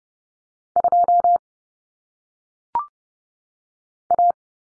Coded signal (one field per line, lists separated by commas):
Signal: Morse code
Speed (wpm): 30 wpm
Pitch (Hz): 700 Hz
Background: none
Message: 2 A